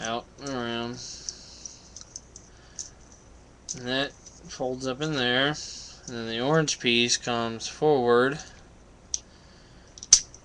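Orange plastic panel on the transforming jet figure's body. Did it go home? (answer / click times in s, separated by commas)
yes / 10.1 s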